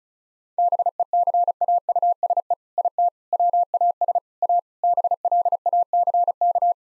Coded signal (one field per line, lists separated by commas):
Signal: Morse code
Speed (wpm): 36 wpm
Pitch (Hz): 700 Hz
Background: none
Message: BECAUSE IT WAS A BLACK